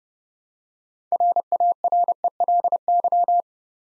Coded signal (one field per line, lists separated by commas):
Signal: Morse code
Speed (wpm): 30 wpm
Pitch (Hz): 700 Hz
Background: none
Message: RARELY